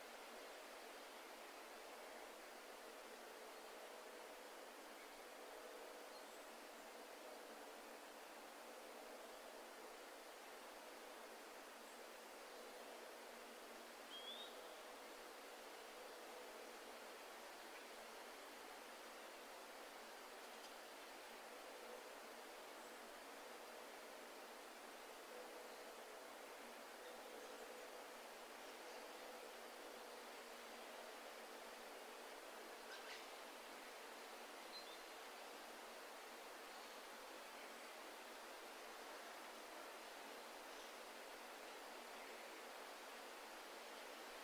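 Wind sweeping through the trees, a steady even hiss of rustling leaves that never swells or fades across the whole recording. There is no low rumble beneath it. A few faint soft ticks, like leaves falling or twigs shifting, appear around 14, 33 and 40 seconds.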